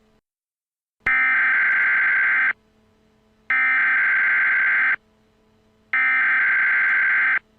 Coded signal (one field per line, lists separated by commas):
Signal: Emergency Alert System (SAME) tones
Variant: header bursts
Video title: Law Enforcement Warning: Moncks Corner, SC 8/27/22 | Emergency Alert System